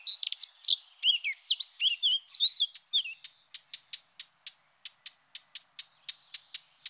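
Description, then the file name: Eurasian blackcap singing a quick scratchy warble for about three seconds, followed by many sharp clicking calls in rapid series. "Fauvette-à-tête-noire"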